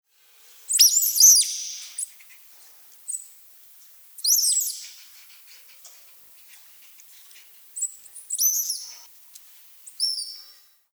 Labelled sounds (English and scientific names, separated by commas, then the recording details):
South American Coati (Nasua nasua)
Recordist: Tembrock, Günter
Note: Rufe eines Männchens